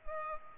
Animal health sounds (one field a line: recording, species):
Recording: mosquito wingbeat signal from an infrared sensor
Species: Culex pipiens